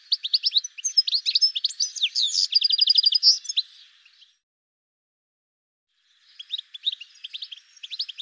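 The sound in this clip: Bird giving dense, rapid high chirps and a fast trill for about four seconds, silence, then softer chirping resumes at the end.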